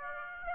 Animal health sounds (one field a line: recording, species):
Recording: mosquito wingbeat signal from an infrared sensor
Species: Aedes aegypti